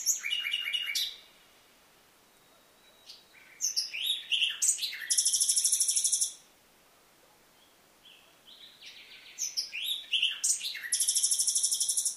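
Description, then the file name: Common nightingale song: three loud phrases of varied high notes, rapid buzzy trills and whistles, separated by pauses of a few seconds. "Luscinia megarhynchos"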